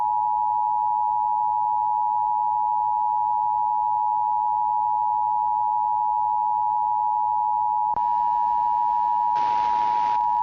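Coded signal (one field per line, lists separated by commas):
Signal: Emergency Alert System (SAME) tones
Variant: 853 and 960 Hz attention tone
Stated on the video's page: Fictional EAS scenario alert.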